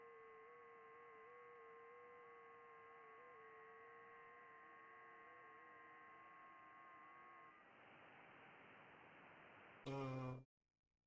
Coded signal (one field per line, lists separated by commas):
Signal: FT8